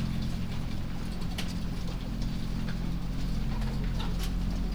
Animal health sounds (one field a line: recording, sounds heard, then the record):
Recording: poultry house recording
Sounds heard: sick chickens (respiratory disease)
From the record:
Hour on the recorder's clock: 2